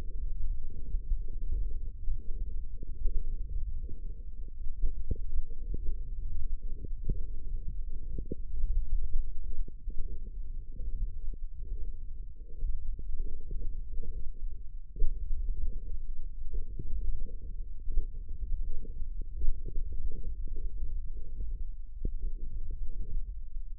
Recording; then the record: forearm muscle sounds (acoustic myography)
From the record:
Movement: hand closing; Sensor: system 1, eight BSWA MPA416 microphones around the upper forearm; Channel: 6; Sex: male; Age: 18 years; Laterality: right